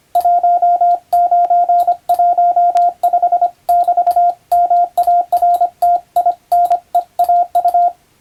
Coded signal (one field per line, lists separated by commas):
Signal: Morse code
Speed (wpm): 25 wpm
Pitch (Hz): 700 Hz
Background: radio noise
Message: 1915<BT>MARTINEAU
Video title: モールス信号を使用して船と陸との連絡をする船舶通信士！昭和の頃の通信手段です。アマチュア無線の受信トレーニングにどうぞ！YouTubeの再生速度を設定して聞こう morse code practice